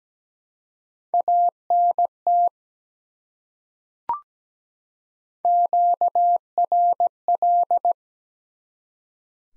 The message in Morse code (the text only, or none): ANT QRL